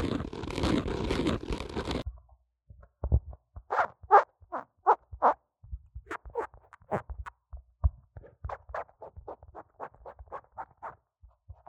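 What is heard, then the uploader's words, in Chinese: Someone fiddles with a clip-on microphone. A loud, dense scrape and rustle fills the first two seconds, then breaks into a run of short rubbing and tapping bursts, several per second and fairly regular, with quiet gaps between them until the end. ASMR 各種玩弄線麥!!(小刺激慎入) | Lo-fi Earphone Mic | No Talking。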